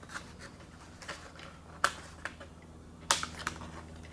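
Two small plastic fittings are pushed into the airframe of a RadioLink A560 RTF 3D RC airplane during assembly, giving two sharp snaps at 1.9 and 3.1 seconds. Fainter ticks of handling come between and after them over a low steady hum. Both pieces snap into place and are seated.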